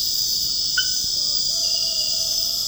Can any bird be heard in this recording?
no